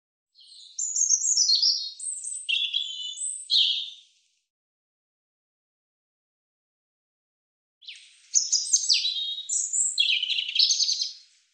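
European robin delivering two long, liquid phrases of high twitters, slurred whistles and rapid trills, separated by a silence of roughly four seconds.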